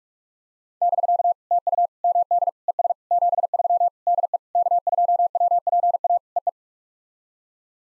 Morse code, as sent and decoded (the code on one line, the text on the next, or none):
-...-.- / - ..- / -- -.. / . ... / --... ...-- / -.. . / -.- ..--- .-- .--. .- / . .
<BK> TU MD ES 73 DE K2WPA EE